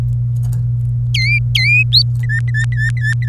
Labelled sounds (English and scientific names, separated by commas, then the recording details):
Domestic Canary (Serinus canaria) song
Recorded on 27 April 2018 at 09:09
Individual llb3